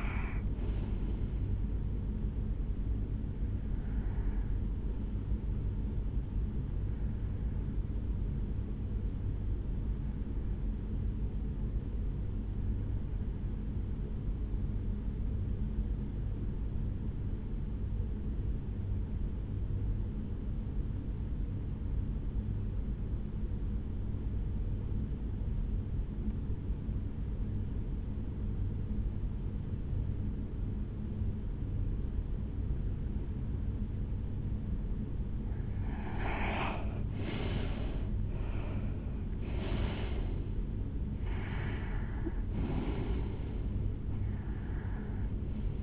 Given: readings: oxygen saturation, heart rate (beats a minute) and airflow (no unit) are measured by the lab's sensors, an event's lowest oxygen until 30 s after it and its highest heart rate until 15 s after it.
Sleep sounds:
breathing in sleep by a smartphone at the bedside; 1
10.00-40.10 s: hypopnea (REM, oxygen 95% highest, then 80% lowest, heart rate 66 at the start, 76 highest)
From the record:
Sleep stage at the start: REM sleep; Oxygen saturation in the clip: 77 to 95%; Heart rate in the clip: 63 to 76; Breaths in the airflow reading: 10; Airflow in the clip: -11.1 to 6.8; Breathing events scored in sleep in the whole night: 449 in 7.0 hours asleep

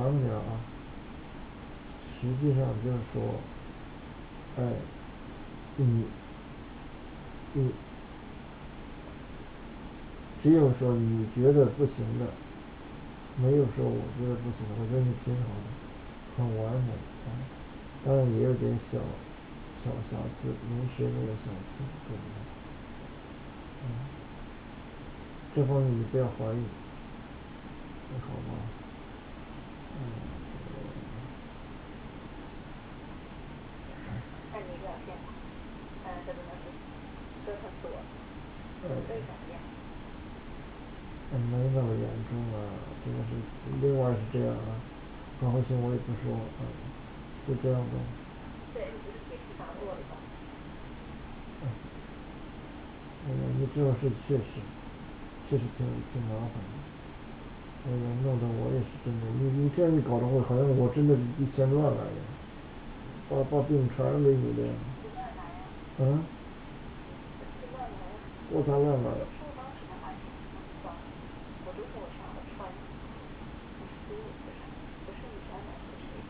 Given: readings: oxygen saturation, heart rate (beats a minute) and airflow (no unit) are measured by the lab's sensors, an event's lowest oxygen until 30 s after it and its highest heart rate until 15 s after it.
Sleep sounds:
a person awake in a sleep study, by a voice recorder at the bedside; none
0.00-76.30 s: awake
From the record:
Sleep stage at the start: awake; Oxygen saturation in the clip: 94 to 96%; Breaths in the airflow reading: 25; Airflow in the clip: -6.3 to 4.3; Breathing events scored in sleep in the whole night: 216 in 7.0 hours asleep

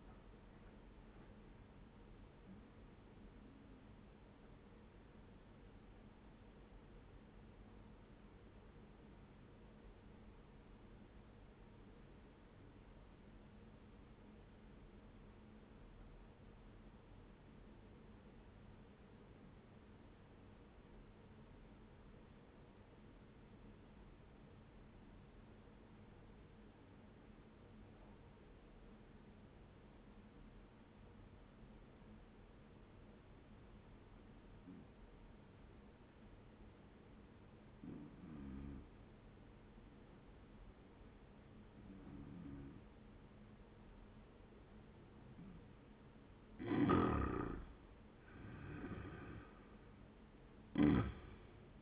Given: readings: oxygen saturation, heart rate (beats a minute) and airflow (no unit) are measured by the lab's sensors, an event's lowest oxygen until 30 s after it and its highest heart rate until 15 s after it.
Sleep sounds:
breathing in sleep by a voice recorder at the bedside; 1
6.00-46.40 s: obstructive apnea (N1, oxygen 97% highest, then 87% lowest, heart rate 66 at the start, 86 highest)
23.00-51.82 s: new sleep stage, N2 (light sleep)
From the record:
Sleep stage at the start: N1 (lightest sleep); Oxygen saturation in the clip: 83 to 97%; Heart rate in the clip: 65 to 85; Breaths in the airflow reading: 3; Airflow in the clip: -10.8 to 15.8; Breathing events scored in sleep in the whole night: 131 in 7.2 hours asleep

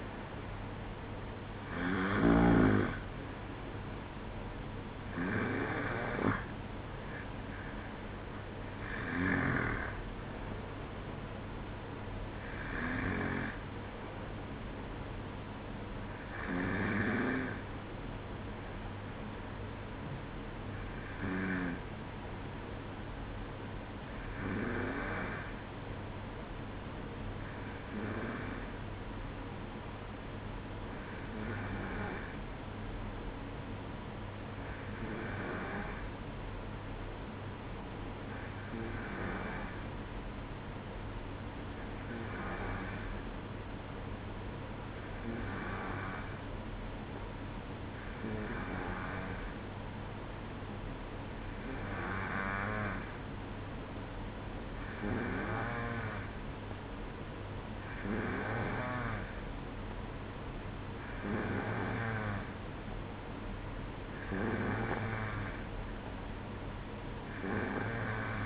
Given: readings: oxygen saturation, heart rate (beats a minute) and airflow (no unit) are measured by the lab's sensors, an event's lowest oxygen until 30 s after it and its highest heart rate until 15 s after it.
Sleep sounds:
breathing in sleep by a voice recorder at the bedside; 1
21.00-57.90 s: hypopnea (N2, oxygen 95% highest, then 91% lowest, heart rate 61 at the start, 64 highest)
From the record:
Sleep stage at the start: N2 (light sleep); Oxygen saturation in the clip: 92 to 95%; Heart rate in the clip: 60 to 67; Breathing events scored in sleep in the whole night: 305 in 9.6 hours asleep

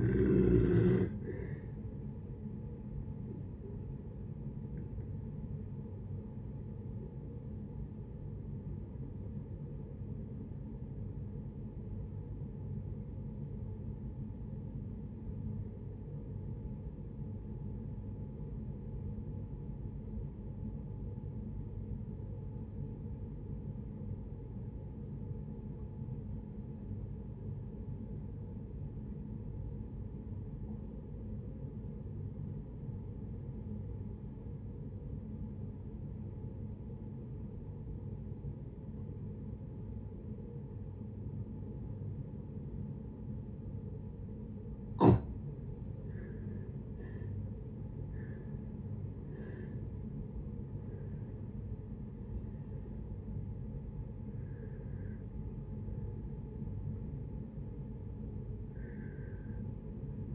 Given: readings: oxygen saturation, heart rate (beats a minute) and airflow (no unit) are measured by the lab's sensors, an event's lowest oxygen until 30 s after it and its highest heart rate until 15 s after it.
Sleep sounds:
breathing in sleep by a smartphone at the bedside; 1
7.00-47.50 s: obstructive apnea (N2, oxygen 95% highest, then 65% lowest, heart rate 62 at the start, 87 highest)
37.00-60.35 s: new sleep stage, N1 (lightest sleep)
From the record:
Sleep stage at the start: N2 (light sleep); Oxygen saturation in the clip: 66 to 95%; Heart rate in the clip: 52 to 87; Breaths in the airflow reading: 8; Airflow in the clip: -6.5 to 8.7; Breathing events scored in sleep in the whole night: 496 in 5.4 hours asleep

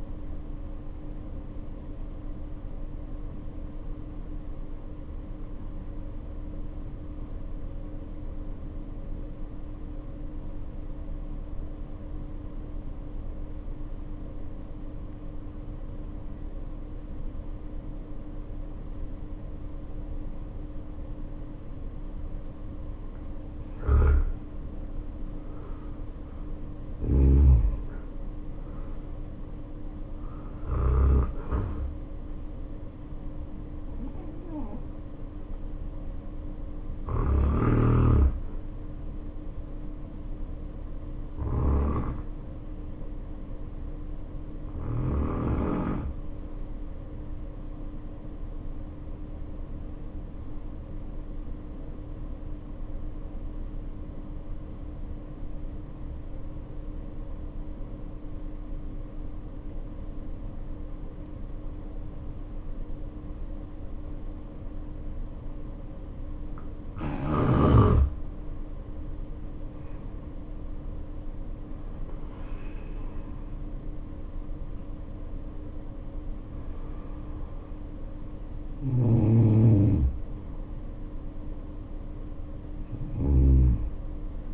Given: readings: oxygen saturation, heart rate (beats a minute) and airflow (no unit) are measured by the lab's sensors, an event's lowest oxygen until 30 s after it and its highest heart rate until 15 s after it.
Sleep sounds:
breathing in sleep by a smartphone at the bedside; 2
8.00-23.60 s: obstructive apnea (N1, oxygen 94% highest, then 76% lowest, heart rate 57 at the start, 74 highest)
53.00-84.53 s: new sleep stage, N2 (light sleep)
56.00-71.10 s: obstructive apnea (N2, oxygen 95% highest, then 77% lowest, heart rate 59 at the start, 76 highest)
From the record:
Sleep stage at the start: N1 (lightest sleep); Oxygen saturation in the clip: 75 to 95%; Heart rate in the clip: 54 to 76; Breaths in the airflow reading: 10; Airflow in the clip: -10.0 to 9.6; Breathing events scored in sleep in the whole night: 520 in 7.2 hours asleep

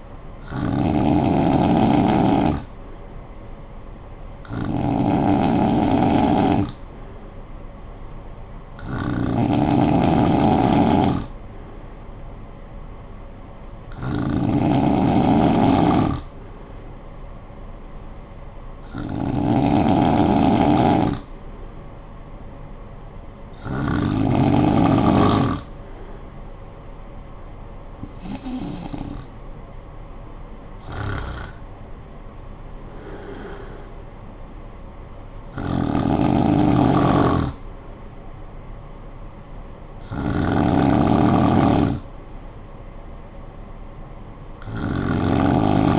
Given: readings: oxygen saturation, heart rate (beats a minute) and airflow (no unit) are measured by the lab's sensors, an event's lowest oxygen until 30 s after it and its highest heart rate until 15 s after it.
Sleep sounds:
breathing in sleep by a smartphone at the bedside; none
none scored
From the record:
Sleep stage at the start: N2 (light sleep); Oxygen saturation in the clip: 92 to 94%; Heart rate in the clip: 51 to 68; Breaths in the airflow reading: 10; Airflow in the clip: -9.3 to 6.1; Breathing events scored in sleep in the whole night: 445 in 7.6 hours asleep

